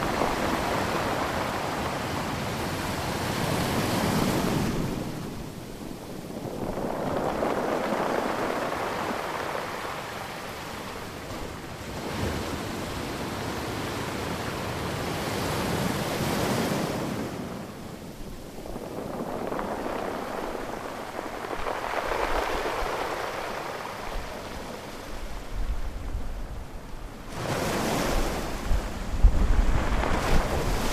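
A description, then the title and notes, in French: Waves wash over a bank of rolled pebbles beside a sea wall, each surge rising and then draining back in a hiss roughly every five to six seconds. The rush is full, with a low rumble underneath and some wind buffeting near the end. Galets roulés de Perros-Guirec. Un soir d'août 2008 vers 22h30 sur la plage de Trestraou. Les vagues rincent inlassablement les galets amassés au droit de la digue. Zoom H2.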